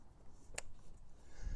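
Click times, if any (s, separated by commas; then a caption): 0.6 s. A stainless steel twist lock connector on a kayak steering system is pushed and twisted into its mating socket, giving a single sharp click at 0.6 s over quiet low background noise. It locks in place and cannot come out without twisting.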